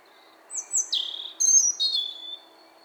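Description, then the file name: European robin song phrase of about two seconds: high sliding whistles falling in pitch, then a burst of thin, glittering notes. "Erithacus rubecula"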